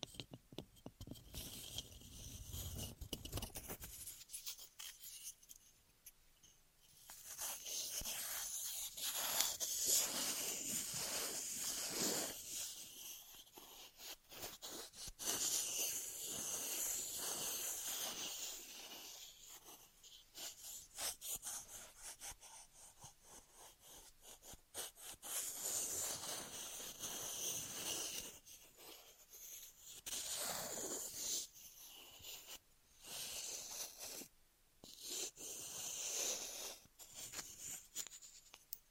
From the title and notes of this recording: ASMR 3Dio FS Pro II Mic Test Ear Massage, Cleaning etc (No Talking).